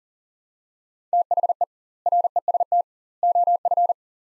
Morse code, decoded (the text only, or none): THE REST OF